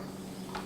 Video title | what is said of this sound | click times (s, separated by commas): Using the gathering foot on your serger | and once you get it in the right position press down and you'll hear a click | 0.6 s